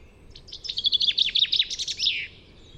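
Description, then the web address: Bird chirping a rapid run of bright, clipped high notes lasting under two seconds, closing with a brief rougher note; soft low rumble underneath. "Deverinetal 2025 File origin Bird Only Fr Co"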